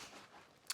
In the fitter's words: It's fully adjustable at the top, and then just locks into place.